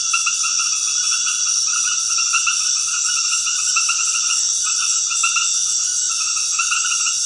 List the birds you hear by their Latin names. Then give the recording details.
none. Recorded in dense forest near Puerto Asís, Putumayo, Colombia, on 19 February 2024 at 22:00. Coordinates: 0.496, -76.326. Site G6383